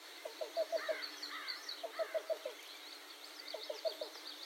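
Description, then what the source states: Cuckoo calling, soft low hollow notes in quick runs of four or five, the runs repeated several times, with other birds singing higher in the background. Heard calling in the background at Sax-Zim Bog on Arcola Road while a dickcissel was being watched; recorded with an iPhone.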